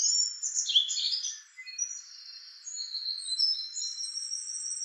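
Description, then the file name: Song thrush song of high, thin twittering and squeaky notes over a steady faint hiss. "suara kicauan burung song thrush. omkicau"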